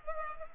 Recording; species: mosquito wingbeat signal from an infrared sensor; Culex pipiens